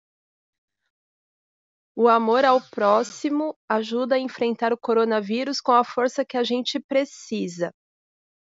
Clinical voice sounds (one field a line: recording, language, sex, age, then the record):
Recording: spoken sentence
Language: Brazilian Portuguese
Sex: female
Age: 40 to 49 years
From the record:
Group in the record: control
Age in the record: 45 years